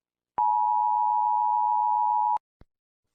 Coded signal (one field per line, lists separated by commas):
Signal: Emergency Alert System (SAME) tones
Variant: 853 and 960 Hz attention tone